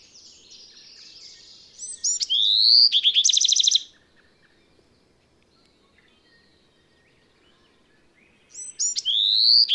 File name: Bewick's Wren